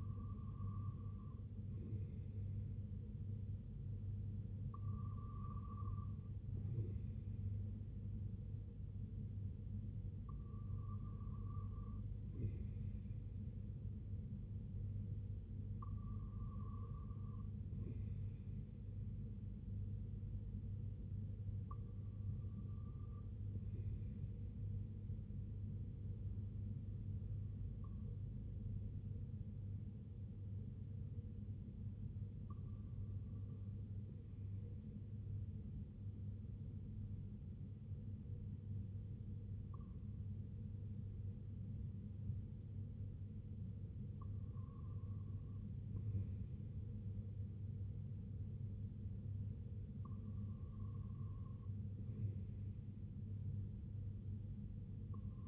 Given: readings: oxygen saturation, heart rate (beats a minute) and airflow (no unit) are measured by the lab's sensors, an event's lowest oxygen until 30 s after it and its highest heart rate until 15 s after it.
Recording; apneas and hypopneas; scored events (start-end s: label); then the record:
breathing in sleep by a smartphone at the bedside; none
none scored
From the record:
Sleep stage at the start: REM sleep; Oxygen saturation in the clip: 95 to 97%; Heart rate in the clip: 60 to 70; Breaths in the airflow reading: 10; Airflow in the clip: -6.2 to 3.4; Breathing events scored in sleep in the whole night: 258 in 7.4 hours asleep